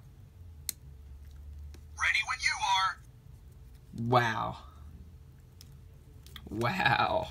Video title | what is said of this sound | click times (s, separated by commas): LIGHTSEEKERS BETA PACK! (Unboxing Prototype Figure) | should just click right in wow | 0.7 s